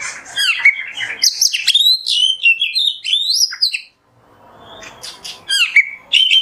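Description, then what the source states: Oriental magpie-robin delivering fast, harsh and whistled notes in a tumbling phrase, a short quiet break, then the song resumes. Kacer masteran, a tutor song for training songbirds, in the nembak song style.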